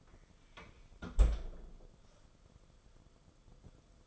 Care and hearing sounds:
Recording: daily activity, microphone in the room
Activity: close fridge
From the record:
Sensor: 5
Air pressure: 994.5 hPa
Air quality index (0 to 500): 189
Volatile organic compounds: 1000 ppm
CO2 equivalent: 5556 ppm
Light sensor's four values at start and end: 47/142/56/62 and 45/140/54/60

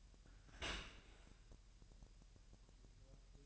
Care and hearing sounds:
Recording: daily activity, microphone in the room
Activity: open dishwasher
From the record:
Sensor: 2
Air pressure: 1000.5 hPa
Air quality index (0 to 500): 248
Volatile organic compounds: 95 ppm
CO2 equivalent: 3720 ppm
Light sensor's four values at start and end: 9/22/9/9 and 9/21/9/9

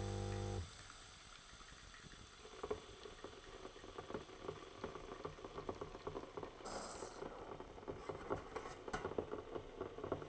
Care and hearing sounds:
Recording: daily activity, microphone in the room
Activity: make coffee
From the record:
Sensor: 4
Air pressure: 995.9 hPa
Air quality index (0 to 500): 63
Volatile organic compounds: 2 ppm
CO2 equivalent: 1111 ppm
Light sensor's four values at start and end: 9/20/8/8 and 9/22/8/8

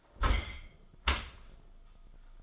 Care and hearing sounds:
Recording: daily activity, microphone in the room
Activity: close dishwasher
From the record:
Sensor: 5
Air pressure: 1004.8 hPa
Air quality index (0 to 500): 94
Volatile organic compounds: 2 ppm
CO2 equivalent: 1139 ppm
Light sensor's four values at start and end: 33/75/30/30 and 32/74/30/30

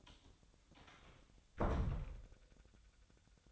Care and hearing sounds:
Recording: daily activity, microphone in the room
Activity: close door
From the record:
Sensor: 3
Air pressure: 1007.1 hPa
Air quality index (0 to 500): 205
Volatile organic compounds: 18 ppm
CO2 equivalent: 2623 ppm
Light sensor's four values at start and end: 12/27/11/11 and 11/27/11/11

